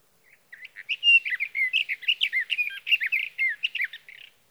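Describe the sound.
Sage thrasher singing a long, hurried run of jumbled warbled phrases, sweet whistles mixed with harsher buzzy notes, barely pausing for about four seconds.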